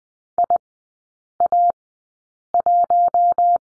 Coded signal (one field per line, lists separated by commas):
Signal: Morse code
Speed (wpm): 20 wpm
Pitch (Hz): 700 Hz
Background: none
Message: IA1